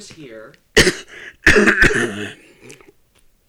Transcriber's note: he coughs